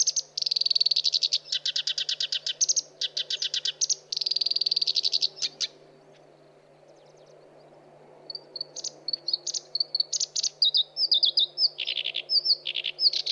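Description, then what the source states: Black-browed Reed Warbler singing repeated harsh buzzy trill phrases, then a couple of seconds of quiet before a lively stream of sharp chirps and scratchy whistled notes, with a faint background hum. Song-tutoring (masteran) recording for training songbirds.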